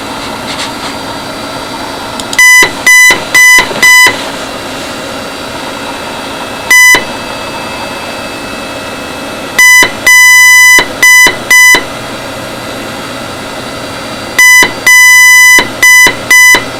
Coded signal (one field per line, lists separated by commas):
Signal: Morse code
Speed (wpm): 5 wpm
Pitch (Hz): 2000 Hz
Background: none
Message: H E L L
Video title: Arduino,lm386,Morse Code and the World!